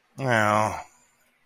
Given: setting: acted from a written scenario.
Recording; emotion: vocal sound without words; guilt